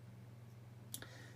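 A plastic building brick that had not been fully seated is pressed down onto the studs of the model. A sharp click at 0.9 s is followed by a softer click at 1.0 s over a steady low hum, and the brick ends up pressed down and in place.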